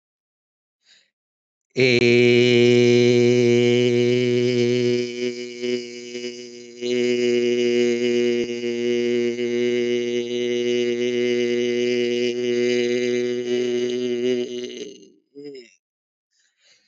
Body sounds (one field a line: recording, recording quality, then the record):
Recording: sustained vowel as in made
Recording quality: excellent, no background noise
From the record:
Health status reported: healthy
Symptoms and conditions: none ticked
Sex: male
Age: 33 years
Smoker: not ticked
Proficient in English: yes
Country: United States